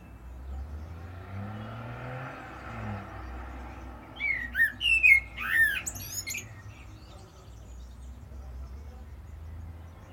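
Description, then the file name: Common blackbird with one brief burst of sharp chattering calls midway, while a low droning rumble fills the background. "Turdus merula"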